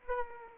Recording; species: mosquito wingbeat signal from an infrared sensor; Aedes aegypti